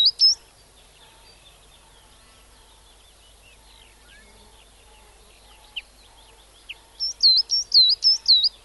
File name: Birdsong-Coal Tit